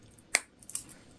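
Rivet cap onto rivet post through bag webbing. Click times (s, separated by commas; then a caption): 0.4 s. A metal rivet cap is pressed onto its post through the vinyl and webbing layers of a bag, so it holds in place before being set. A sharp, bright snap sounds at 0.4 seconds as the cap seats on the post, followed by softer small clicks and rustles. The cap is seated, but the rivet is not yet set.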